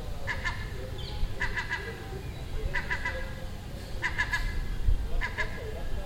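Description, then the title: Gull calls, clipped, chattering nasal notes in quick pairs and triplets, repeated in bursts over a low rumbling background. Gull nesting on a neighbouring roof, calling all day for a week; Den Haag, Netherlands, 18 June 2017. "Seagull Chatter (Den Haag"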